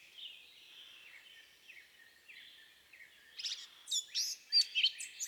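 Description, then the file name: Eurasian blackcap song: a faint, thin warbling for about three seconds, then louder, sharp, varied notes delivered in quick bursts to the end. "baratposzata"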